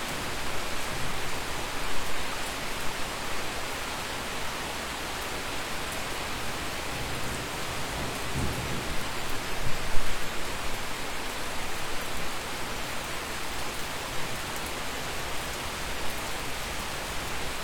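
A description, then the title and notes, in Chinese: Heavy rain pours down steadily through dense forest, a thick unbroken hiss with faint low rumbles and a few louder drops near ten seconds. 密林暴雨。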